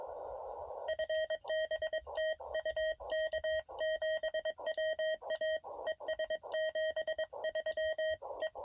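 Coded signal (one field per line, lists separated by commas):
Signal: Morse code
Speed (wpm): 21 wpm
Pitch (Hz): 630 Hz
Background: radio noise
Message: FB TU K7WA ES 73 E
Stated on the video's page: Morse from a POTA activation in a national forest, sent with a Palm Radio Pico paddle on a Venus SW-6B radio with a Hamstick antenna.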